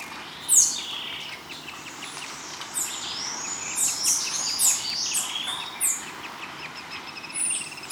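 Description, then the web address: Bird calls: high, thin descending chirps, a loud one near the start then a scattered series, against steady background noise. "BIRD 2015 SABIOD"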